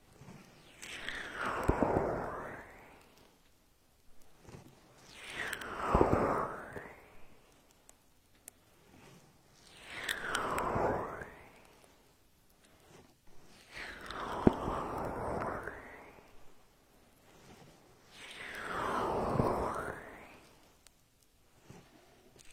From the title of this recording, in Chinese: 暴力精油搓耳